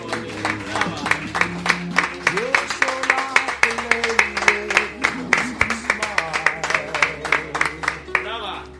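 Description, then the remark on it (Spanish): An audience in a bar claps steadily in a fast, even rhythm, the sharp hand strikes loud and continuous throughout, with voices and sustained tones running underneath. “Un aplauso, es muy favor.”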